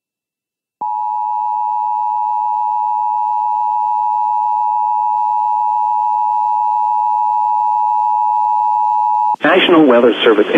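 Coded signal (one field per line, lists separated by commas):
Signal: Emergency Alert System (SAME) tones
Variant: 853 and 960 Hz attention tone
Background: speech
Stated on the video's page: Extreme Wind Warning for Hurricane Helene, relayed 30 minutes late on NOAA Weather Radio KIH24 and an IP radio live stream.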